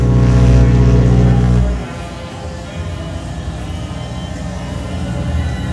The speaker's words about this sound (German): Das Schiff nähert sich langsam dem Dock. Eine kolossale Szene. Stell dir das vor.